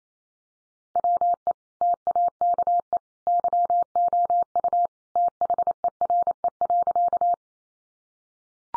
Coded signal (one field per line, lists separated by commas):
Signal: Morse code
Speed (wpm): 28 wpm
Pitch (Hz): 700 Hz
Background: none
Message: WE TAKE YOU THERE.